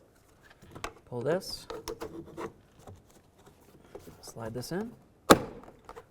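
A plastic trim bezel is slid into the door trim panel of a 2000-2005 Buick LeSabre during a front exterior door handle replacement while someone talks. It snaps home with a sharp click at 5.3 s and is seated.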